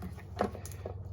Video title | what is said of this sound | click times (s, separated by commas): OH NO WHAT did I do!?! | all right plug it in till you hear it click | 0.4 s